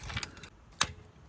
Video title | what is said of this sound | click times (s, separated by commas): How to change Spark Plugs on VW Golf Mk6 - Step by Step Guide | So you will hear this click. That means your coil pack is in. | 0.8 s